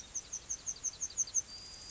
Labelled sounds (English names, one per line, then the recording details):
Yellowhammer song
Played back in grassland
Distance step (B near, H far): F
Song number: 003